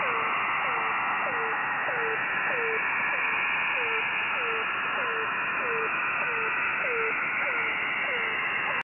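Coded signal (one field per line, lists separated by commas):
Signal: channel marker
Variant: The Air Horn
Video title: The Air Horn on 4930 kHz September 17, 2022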